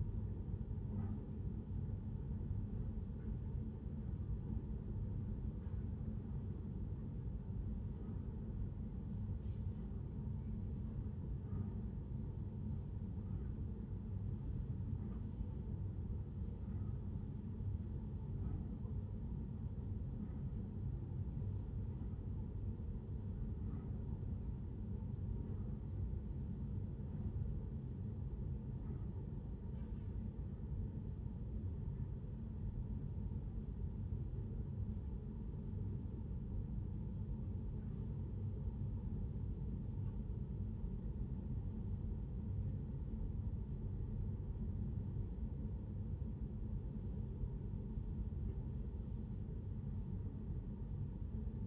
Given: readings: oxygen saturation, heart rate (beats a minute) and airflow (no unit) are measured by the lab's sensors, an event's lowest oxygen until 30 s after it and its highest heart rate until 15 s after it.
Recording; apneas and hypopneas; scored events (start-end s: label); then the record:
a person awake in a sleep study, by a smartphone at the bedside; none
0.00-51.67 s: awake
From the record:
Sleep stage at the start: awake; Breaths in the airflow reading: 16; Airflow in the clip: -0.6 to 0.7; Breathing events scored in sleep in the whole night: 131 in 7.2 hours asleep